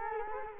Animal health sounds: mosquito wingbeat signal from an infrared sensor; Culex quinquefasciatus

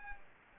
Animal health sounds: mosquito wingbeat signal from an infrared sensor; Aedes aegypti

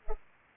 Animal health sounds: mosquito wingbeat signal from an infrared sensor; Culex pipiens

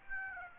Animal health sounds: mosquito wingbeat signal from an infrared sensor; Aedes aegypti

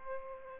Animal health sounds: mosquito wingbeat signal from an infrared sensor; Aedes aegypti

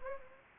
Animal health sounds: mosquito wingbeat signal from an infrared sensor; Anopheles gambiae

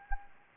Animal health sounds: mosquito wingbeat signal from an infrared sensor; Anopheles gambiae

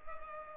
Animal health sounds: mosquito wingbeat signal from an infrared sensor; Culex pipiens

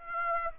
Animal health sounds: mosquito wingbeat signal from an infrared sensor; Aedes aegypti

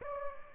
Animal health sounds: mosquito wingbeat signal from an infrared sensor; Aedes aegypti

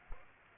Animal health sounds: mosquito wingbeat signal from an infrared sensor; Aedes aegypti

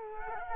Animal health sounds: mosquito wingbeat signal from an infrared sensor; Culex quinquefasciatus

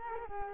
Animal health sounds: mosquito wingbeat signal from an infrared sensor; Culex quinquefasciatus

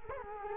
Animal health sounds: mosquito wingbeat signal from an infrared sensor; Culex quinquefasciatus

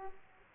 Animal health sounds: mosquito wingbeat signal from an infrared sensor; Aedes aegypti

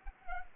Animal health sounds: mosquito wingbeat signal from an infrared sensor; Anopheles arabiensis

